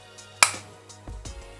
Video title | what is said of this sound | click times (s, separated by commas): how to clean a coffee machine steam wand | hopefully you heard that click okay, and it freely moves within the | 0.4 s